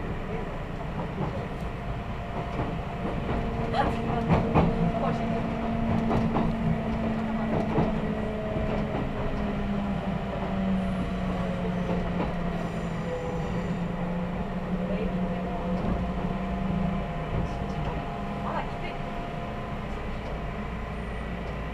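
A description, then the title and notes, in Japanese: A Kintetsu express train running between Yokkaichi and Ise-Wakamatsu, heard as a steady low rumble with a drawn-out droning tone that slowly rises and falls. Sharp clicks and knocks from the wheels come through irregularly, and faint voices show up briefly. 近鉄急行 四日市→伊勢若松。モーター音や加速の違いが歴然としています。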